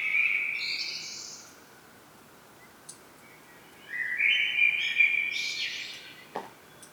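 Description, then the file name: Common blackbird: a warbled phrase with a high scratchy ending, a pause, then a fuller fluty phrase climbing into a shrill twitter, plus a faint click. "Turdus merula"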